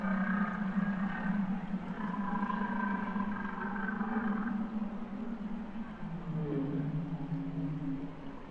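Humpback whale song: a steady low droning moan with higher tonal notes above it, over a noisy underwater background, ending in a lower sliding tone.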